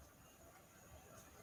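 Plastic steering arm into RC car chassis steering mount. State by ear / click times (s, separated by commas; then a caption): not seated / none. A plastic steering arm is handled against its steering mount on an RC car chassis, with only a quiet, steady low rumble and hiss throughout. Nothing has seated or clicked yet.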